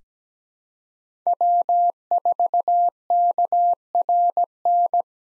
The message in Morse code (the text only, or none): W4KRN